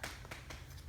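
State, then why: Released. The front wheel swivel lock clip on a B.o.B Motion travel system jogging stroller is pushed back up to unlock it, releasing with a sharp click at 0.0 s. Two softer taps follow at about 0.3 s and 0.5 s over a low steady hum. The swivel lock is now open; it is used to keep the two front wheels rolling straight over gravel or bumpy ground.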